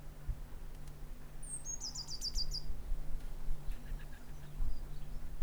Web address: SETE data Cyanistes caeruleus